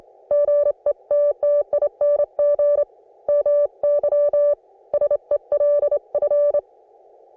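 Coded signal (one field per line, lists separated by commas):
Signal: Morse code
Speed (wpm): 25 wpm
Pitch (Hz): 580 Hz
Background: music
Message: GETTING MYSELF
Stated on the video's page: On-the-air CW practice received on an Icom IC-718, including a station on a new 80m antenna and code messages from a Sunday morning group.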